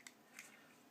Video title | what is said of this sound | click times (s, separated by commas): FOC Bruticus upgrde kit by Echotransformer | There's a little hook on the one side, pop it over, snap it in place. | 0.1 s, 0.4 s